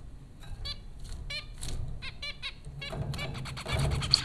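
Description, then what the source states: Zebra finches give a run of nasal, trumpet-like beeps, then a denser overlapping burst of buzzy calls at the end, with low background noise. Several zebra finches, recorded at Popcorn School, Flatbush, Brooklyn, New York, in April 2009 (15 April).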